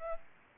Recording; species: mosquito wingbeat signal from an infrared sensor; Aedes aegypti